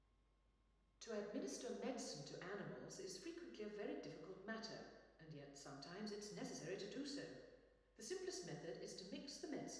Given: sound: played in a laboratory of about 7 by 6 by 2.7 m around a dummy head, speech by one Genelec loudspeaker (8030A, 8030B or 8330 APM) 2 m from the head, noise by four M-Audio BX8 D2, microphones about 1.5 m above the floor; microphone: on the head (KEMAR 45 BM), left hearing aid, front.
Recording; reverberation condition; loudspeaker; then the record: female speech in English; high; 60 degrees to the left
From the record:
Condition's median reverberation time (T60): about 1300 ms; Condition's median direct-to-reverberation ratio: about -4.0 dB